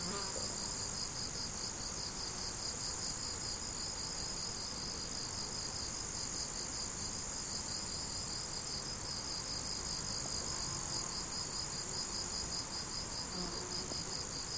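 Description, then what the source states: Crickets chirp steadily in fast, even high pulses throughout, over a continuous shrill insect drone. Crickets, recorded 17 July 2012 with an MZ-N710 recorder.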